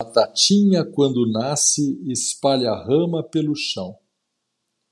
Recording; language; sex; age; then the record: short text; Brazilian Portuguese; male; 50 to 59 years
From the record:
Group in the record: control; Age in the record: 54 years